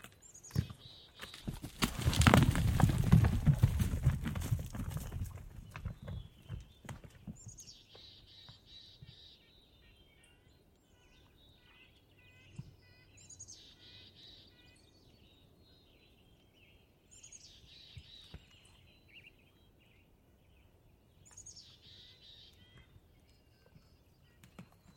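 Birdsong in a wildlife area opens with a loud, rushing rumble over the first few seconds that quickly fades. After that, things go quiet apart from short, bright bird calls every four or five seconds over a faint low hum.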